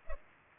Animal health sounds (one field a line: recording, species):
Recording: mosquito wingbeat signal from an infrared sensor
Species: Culex pipiens